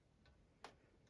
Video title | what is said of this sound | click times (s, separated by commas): Lakewood 16” Table Fan R16/DSK (2001) | not automatic but you know the Tilt that kind of snaps into place | 0.6 s